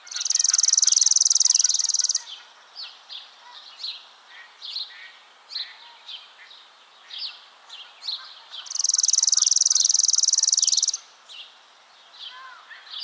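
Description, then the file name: Chipping Sparrow singing a fast, flat trill of identical dry notes for around two seconds, repeated after a pause of several seconds, with quieter short chirps between songs. "Spizella passerina - Chipping Sparrow"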